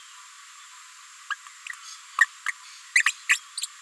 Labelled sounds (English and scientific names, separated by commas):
Green-rumped Parrotlet (Forpus passerinus) babbling